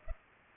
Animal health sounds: mosquito wingbeat signal from an infrared sensor; Culex pipiens

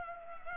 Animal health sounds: mosquito wingbeat signal from an infrared sensor; Culex pipiens

